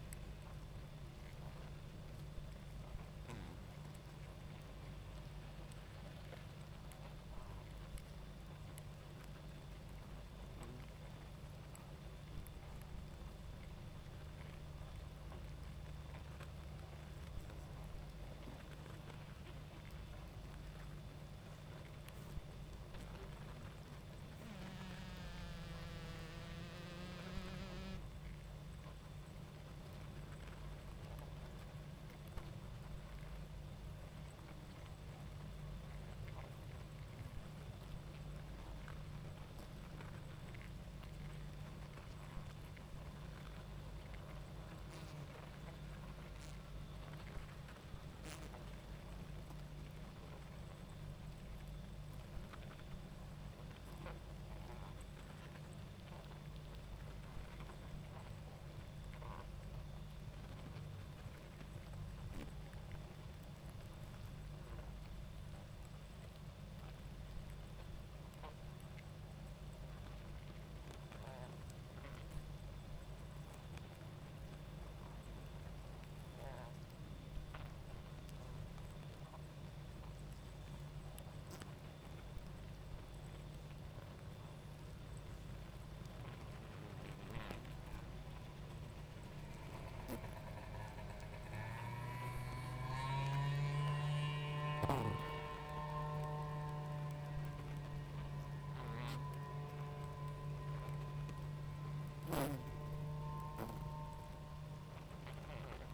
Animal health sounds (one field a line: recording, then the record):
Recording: honeybee colony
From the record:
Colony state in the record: active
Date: 28 July 2017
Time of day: 21:50